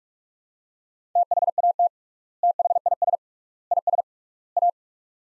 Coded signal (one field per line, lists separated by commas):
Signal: Morse code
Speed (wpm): 48 wpm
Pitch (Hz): 700 Hz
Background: none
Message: THAT THIS IS A